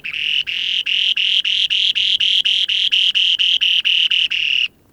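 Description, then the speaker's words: Spoon-billed Sandpiper song, a rapid run of buzzy, ringing trilled notes in one steady, even series, ending abruptly. Recorded in the far northeast of Russia on the breeding grounds, where as few as 100 pairs breed each summer; one of the rarest birds on Earth. "That's the song of one of the rarest birds on Earth, the spoon-billed sandpiper."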